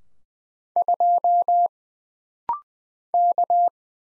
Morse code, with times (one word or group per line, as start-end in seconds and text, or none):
0.8-1.7 2
3.1-3.7 K